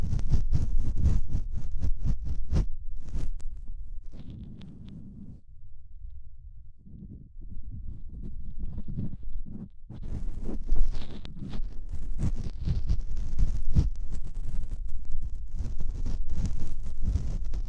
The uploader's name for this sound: Strong tympanic membrane stimulation, earwax cleaning, strong decompression, and strong sense of negative pressure